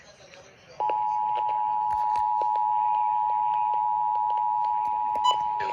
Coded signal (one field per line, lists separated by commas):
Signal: Emergency Alert System (SAME) tones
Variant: 853 and 960 Hz attention tone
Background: speech